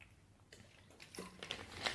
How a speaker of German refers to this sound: Lass mich erst nochmal das Wasser runterschlucken, ja?